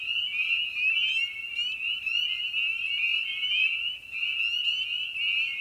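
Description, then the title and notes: Dense chorus of spring peepers, bright ascending peeps overlapping without pause, a few calls briefly louder over the constant ringing. Evening at a frog pond. "Episode 5: Night of the Peepers. we return to the frog pond for a meditative evening. Species in Focus: Spring Peeper (Pseudacris crucifer). Ian Carlsen"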